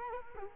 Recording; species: mosquito wingbeat signal from an infrared sensor; Culex quinquefasciatus